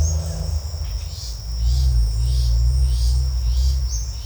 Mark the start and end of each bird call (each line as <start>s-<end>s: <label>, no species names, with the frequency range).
0.96s-4.26s: bird call (2.6-5.1 kHz)